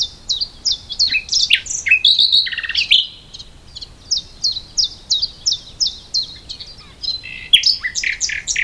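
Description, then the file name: Common nightingale song: rapid series of sharp repeated notes, brief buzzy trills and a rattling phrase, then more quick repeated chirps in fast rhythmic bursts. "Luscinia megarhynchos"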